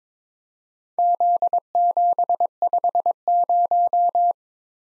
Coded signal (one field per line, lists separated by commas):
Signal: Morse code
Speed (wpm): 22 wpm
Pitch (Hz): 700 Hz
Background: none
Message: Z750